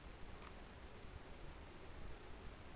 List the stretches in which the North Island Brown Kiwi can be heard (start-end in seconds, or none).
none